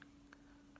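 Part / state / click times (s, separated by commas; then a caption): palette lid into palette case clasp / not seated / none. A plastic makeup palette lid is handled against its palette case clasp, producing a few brief light ticks around 0.0, 0.3 and 0.8 seconds over a steady low hum. The clip ends before the lid snaps shut, so nothing has seated or clicked yet.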